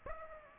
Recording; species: mosquito wingbeat signal from an infrared sensor; Aedes aegypti